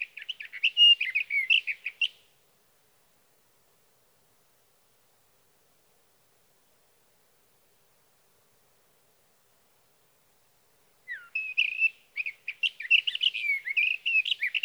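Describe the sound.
Sage thrasher song in two bursts of fast, jumbled warbling separated by roughly nine seconds of silence.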